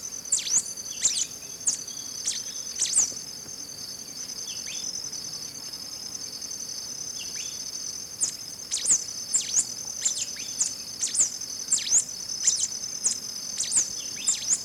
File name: black capped warbling finch